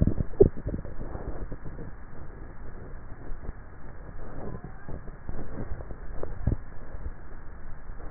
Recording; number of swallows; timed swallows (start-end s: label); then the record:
swallowing sounds by neck microphone; 1
5.88-6.95 s: swallow
From the record:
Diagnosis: dysphagia